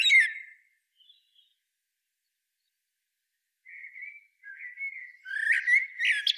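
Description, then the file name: Common blackbird calls: one harsh note, silence, then thin whistled notes building into loud, rasping squawks. "Turdus merula"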